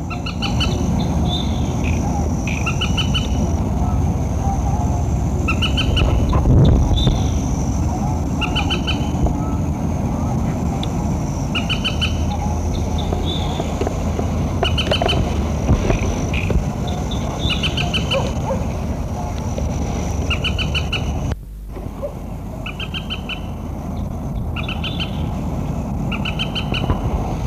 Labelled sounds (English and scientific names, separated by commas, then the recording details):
Common Moorhen (Gallinula chloropus) call
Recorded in the wild
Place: Primorsko, Burgas, BG
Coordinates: 42.2667, 27.75
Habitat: lake
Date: 1967-06-10
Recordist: Stiefel, Arnd